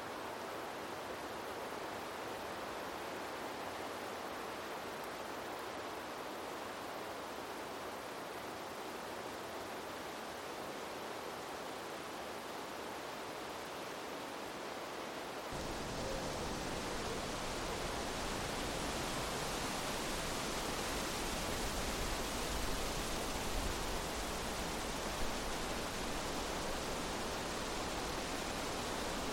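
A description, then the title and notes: Wind moves across an open field as a steady, dense rush with no gusts or pauses. At about fifteen seconds the sound abruptly becomes louder and brighter, with more low rumble, then holds that fuller hiss to the end. A gentle breeze blowing through a vast open field. Listen as the rustling of tall grasses and the soft swaying of wildflowers create a peaceful symphony of sound. A Wonderful Wind And Blissful Breeze Traveling Through A Peaceful Open Field.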